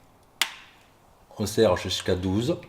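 A torque wrench set to 20 Nm tightens the first bolt of the metal transmission filter/sump pan on a Range Rover Sport's 6HP26 transmission, working in a cross pattern. One sharp click at 0.4 s shows the wrench reaching its setting, then someone talks from about 1.4 s to the end.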